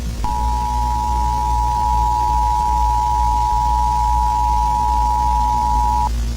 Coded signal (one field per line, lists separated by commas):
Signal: Emergency Alert System (SAME) tones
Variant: 853 and 960 Hz attention tone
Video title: Friday Night Funkin: The Corruption | A Halloween EAS Scenario